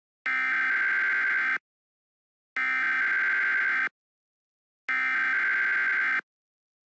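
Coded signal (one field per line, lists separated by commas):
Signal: Emergency Alert System (SAME) tones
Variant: header bursts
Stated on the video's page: Simulated mock amber alert.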